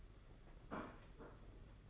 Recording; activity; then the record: daily activity, microphone in the room; place plate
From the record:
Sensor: 4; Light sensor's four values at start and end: 19/65/24/25 and 19/65/24/25